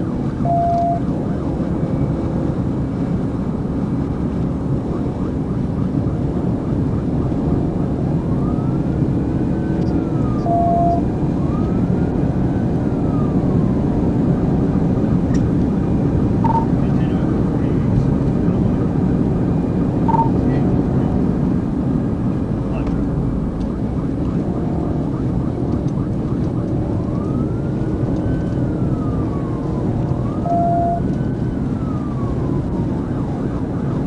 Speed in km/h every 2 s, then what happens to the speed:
209, 211, 212, 216, 219, 222, 222, 224, 224, 224, 221, 204, 203, 200, 200, 200, 201.
0-19 speeds up to 224. 19-22 brakes to 204. 22-34 steady at about 200.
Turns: none.